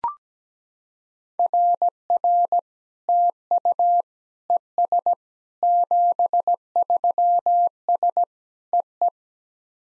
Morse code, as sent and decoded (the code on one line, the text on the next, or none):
.-. .-. / - ..- / . ... / --... ...-- ... / . .
RR TU ES 73S EE